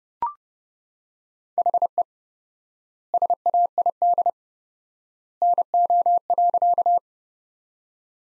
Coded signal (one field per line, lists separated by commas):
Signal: Morse code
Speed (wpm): 30 wpm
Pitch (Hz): 700 Hz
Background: none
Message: HE SAID NO.